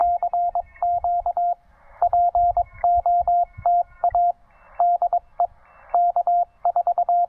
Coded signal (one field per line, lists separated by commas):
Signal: Morse code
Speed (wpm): 22 wpm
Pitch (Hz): 700 Hz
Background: radio noise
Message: CQ POTA DE K4